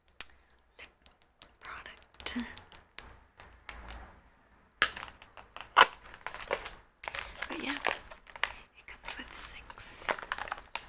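Crinkling and makeup handling sounds come in quick, irregular bursts of crackly, bright noise, with short pauses between clusters. The texture is dry and rustling throughout, with a brief gap near five seconds and a sharp, hissy flurry around ten seconds.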